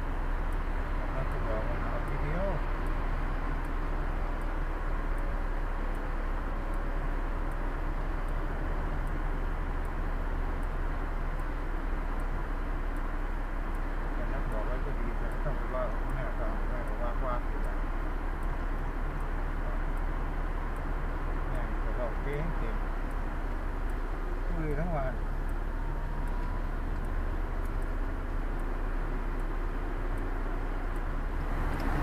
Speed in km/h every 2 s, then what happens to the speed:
0, 0, 0, 0, 0, 0, 0, 0, 0, 0, 0, 0, 0, 0, 0, 0.
0-32 standing.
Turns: none.